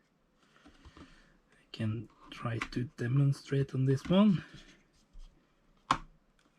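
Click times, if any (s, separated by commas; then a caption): 5.9 s. A SO-DIMM memory module is pushed up into the laptop-style memory slot of a Mac Mini (mid-2010) small desktop computer. Someone talks over faint handling noise, then a sharp click at 5.9 s marks the module seating firmly in place.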